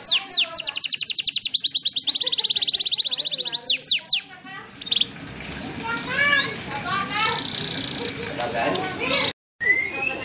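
Bird song: a rapid, rattling series of high repeated notes, followed by scattered rising chirps and short whistled phrases.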